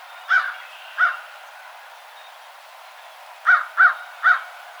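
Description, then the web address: American crow gives two rough caws, pauses a couple of seconds, then three more caws in a quick trio. Recorded 12 March 2007. "American Crow 2007 03 12"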